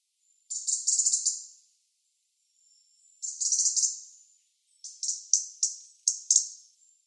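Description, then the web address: European robin giving dry, rapid ticking bursts, two long rattled series followed by a run of separate sharp ticks, with no other sounds. "Schulze Peter European Robin calls"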